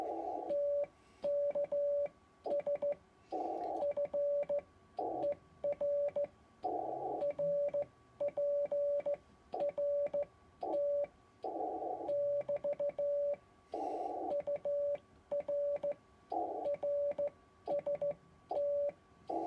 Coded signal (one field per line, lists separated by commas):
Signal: Morse code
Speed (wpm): 14 wpm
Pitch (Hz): 580 Hz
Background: radio noise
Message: TKS FER RPRT <BT> UR RST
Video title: Kent Key